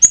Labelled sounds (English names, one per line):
Yellow-rumped Warbler flight call